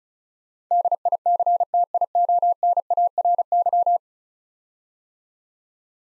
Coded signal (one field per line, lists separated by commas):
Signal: Morse code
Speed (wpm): 36 wpm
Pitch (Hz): 700 Hz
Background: none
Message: DICTIONARY